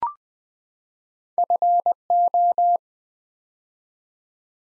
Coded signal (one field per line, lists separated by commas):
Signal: Morse code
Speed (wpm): 20 wpm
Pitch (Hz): 700 Hz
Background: none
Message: FO